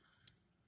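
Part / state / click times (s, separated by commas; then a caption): transformable robot toy piece into its slot on the body / seated / 0.3 s. A plastic or die-cast piece of a Soul of Chogokin Voltron transformable robot toy is pushed back up into its slot on the body. A single faint, short snap is heard at 0.3 s over a quiet background, and the piece seats into place.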